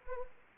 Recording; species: mosquito wingbeat signal from an infrared sensor; Anopheles arabiensis